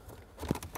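Brown and gray plastic wiring connectors are handled and pushed toward the HVAC control module of a 2009-2014 Ford F-150 during a blend door actuator replacement, producing soft rustling and a brief thump near 0.5 s. Nothing has seated or clicked yet.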